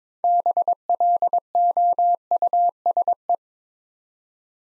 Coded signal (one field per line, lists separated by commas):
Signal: Morse code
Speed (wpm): 22 wpm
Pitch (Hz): 700 Hz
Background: none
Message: BLOUSE